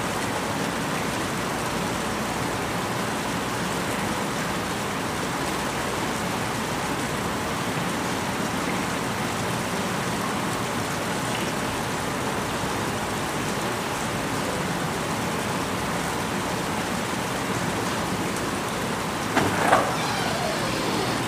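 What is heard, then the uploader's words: Rain falls on a balcony in the city, a steady, dense hiss of drops that holds evenly throughout. Faint low traffic rumble sits underneath, and a brief sharper clatter stands out just before the twenty-second mark. Rain on a balcony in the City.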